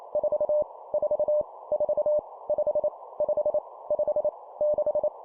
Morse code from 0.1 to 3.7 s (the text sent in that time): 4 4 4 5 5